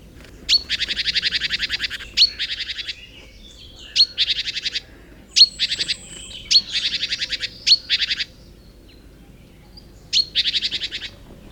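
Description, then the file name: Great tit calls: a sharp high note followed by a rapid buzzy rattle, repeated seven times, with faint low background hum. "Parus major"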